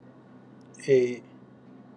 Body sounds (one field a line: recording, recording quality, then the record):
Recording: sustained vowel as in made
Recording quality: excellent, no background noise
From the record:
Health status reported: exposed to COVID-19, no respiratory illness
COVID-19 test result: not tested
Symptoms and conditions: none ticked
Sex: male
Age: 31 years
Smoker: not ticked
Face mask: not worn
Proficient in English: yes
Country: India